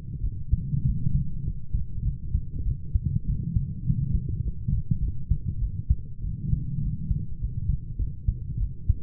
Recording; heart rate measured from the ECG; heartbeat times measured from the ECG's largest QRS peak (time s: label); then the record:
heart sounds by stethoscope; 100 bpm
0.22 s: heartbeat
0.85 s: heartbeat
1.45 s: heartbeat
2.04 s: heartbeat
2.65 s: heartbeat
3.26 s: heartbeat
3.85 s: heartbeat
4.43 s: heartbeat
5.01 s: heartbeat
5.60 s: heartbeat
6.23 s: heartbeat
6.82 s: heartbeat
7.39 s: heartbeat
7.98 s: heartbeat
8.59 s: heartbeat
From the record:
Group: healthy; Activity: light exercise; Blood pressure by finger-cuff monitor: 132/78 mmHg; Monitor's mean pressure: 95 mmHg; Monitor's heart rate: 100 bpm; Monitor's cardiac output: 8 L/min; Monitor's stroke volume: 79 mL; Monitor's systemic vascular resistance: 880 dyn s/cm5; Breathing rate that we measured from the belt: 21 breaths a minute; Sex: female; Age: 22 years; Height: 160 cm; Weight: 63 kg